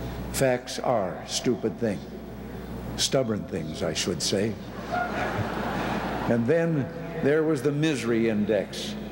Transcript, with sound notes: Facts are stupid things-stubborn things, I should say. [Laughter] And then there was the misery index.